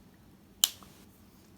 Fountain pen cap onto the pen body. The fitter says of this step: but this one is a click one, and it has like a nice